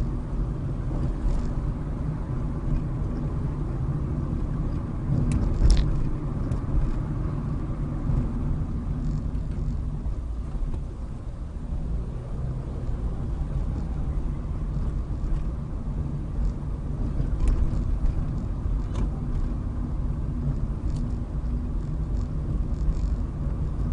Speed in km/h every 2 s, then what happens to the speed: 31, 31, 32, 29, 16, 16, 23, 24, 24, 26, 24, 23.
0-5 steady at about 31. 5-8 brakes to 16. 8-17 speeds up to 26. 17-24 steady at about 24.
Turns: none.